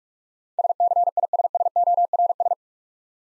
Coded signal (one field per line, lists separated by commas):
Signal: Morse code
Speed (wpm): 46 wpm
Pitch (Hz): 700 Hz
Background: none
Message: SCISSORS